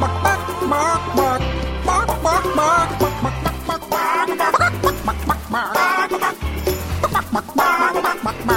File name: clucking noise